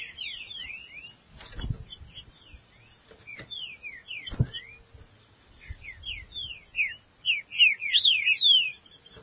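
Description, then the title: Green-winged saltator song: rapid series of clear, down-slurred whistled notes in quick bursts, with a couple of sharp knocks and low background rumble. "Trinca Ferro"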